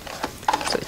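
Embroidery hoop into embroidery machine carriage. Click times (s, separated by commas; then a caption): 0.5 s. A fabric-filled embroidery hoop is slid onto an embroidery machine's carriage, and its locking lever is pushed down. A sharp, ratchet-like mechanical click comes at 0.5 s, with a few softer clicks and rattles around it. The hoop locks onto the carriage and is seated securely.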